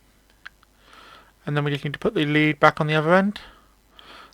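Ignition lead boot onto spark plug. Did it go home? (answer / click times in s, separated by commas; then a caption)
yes / 0.5 s. A silicone-lubricated rubber ignition lead boot is pushed back down onto a spark plug on a 2007 Ford C-Max, popping into place with a sharp click at 0.5 s. Faint rustling follows, then someone talks, and a couple of light taps come near the end.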